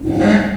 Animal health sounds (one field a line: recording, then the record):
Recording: squeal of a Yucatan mini pig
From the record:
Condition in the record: after surgery on the right vocal fold (resection and tissue-engineered implant)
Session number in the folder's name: 1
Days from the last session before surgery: 13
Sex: female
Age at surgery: 19 weeks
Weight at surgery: 25 kg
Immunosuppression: prednisolone